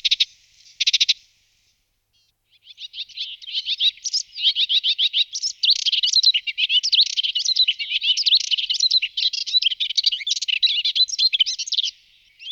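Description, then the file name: Melodious warbler song: after a brief opening burst and a pause, a long hurried stream of chattering, scratchy and sweet high notes pours out continuously for nearly ten seconds. "Sedmihlasek svitorivy Hippolais polyglotta"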